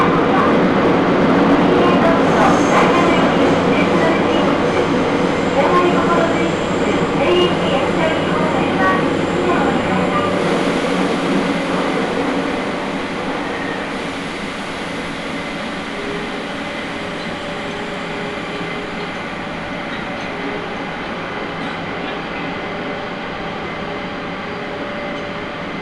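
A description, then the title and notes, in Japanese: A ride on the Nagoya Municipal Subway Sakura-dori Line, with a dense, steady rumble of the train running beneath faint tonal whines. The roar is heaviest for the first ten seconds, then eases and settles into a quieter, even hum through the end. 名古屋市営地下鉄桜通線 太閤通→徳重。桜通線の太閤通から徳重までの全区間を乗った時のものです。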